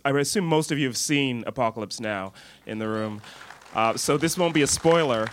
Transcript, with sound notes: Now"? I assume most of you have seen "Apocalypse Now" in the room.
(SOUNDBITE OF APPLAUSE)
So this won't be a spoiler.